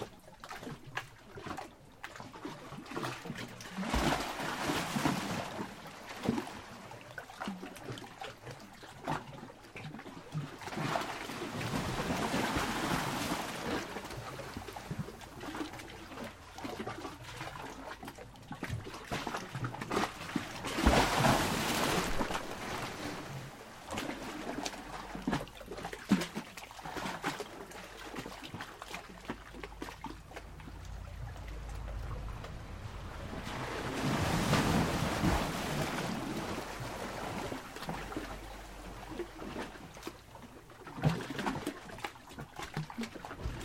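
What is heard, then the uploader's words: Sea water surges into a coastal hollow in slow waves, each swell rising to a loud, rushing wash around 5, 12, 21 and 35 seconds before falling back. Between surges come quieter gurgles and trickles over a steady low rumble. Coastal Hollow - Surging Chamber 2. Another angle on the same surging chamber as before. I tried to focus a little more on the sloshing, but it's difficult to get a good aim when dangling mics from above.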